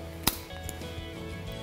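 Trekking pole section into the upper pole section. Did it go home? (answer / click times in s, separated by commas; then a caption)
yes / 0.3 s. Someone pulls the two upper sections of a Leki Micro Vario Ti COR-TEC Lady collapsible titanium trekking pole apart until the spring button engages. A sharp, positive click sounds at 0.3 s, followed by a faint tick at 0.7 s over a low background hum. The section is seated and locked into the upper pole section.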